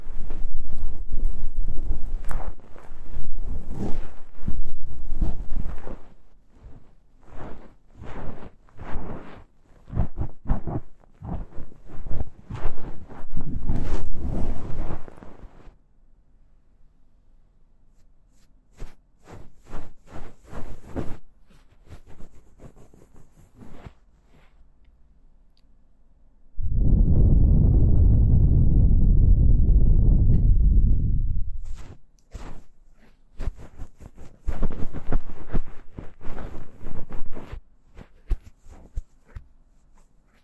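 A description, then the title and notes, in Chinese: Close-up ear cleaning: dense, crackly scraping and rustling fills the first fifteen seconds, then drops to near silence with sparse faint taps. Around 27 seconds a loud, low, breathy blowing rush lasts about four seconds before the scratchy cleaning sounds return. ASMR×KU100。掏耳．梵天．馬尾絲。Deep Ear Cleaning | Ear Blowing。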